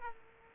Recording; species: mosquito wingbeat signal from an infrared sensor; Aedes aegypti